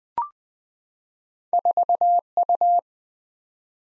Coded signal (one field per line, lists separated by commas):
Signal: Morse code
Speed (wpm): 20 wpm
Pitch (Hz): 700 Hz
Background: none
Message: 4U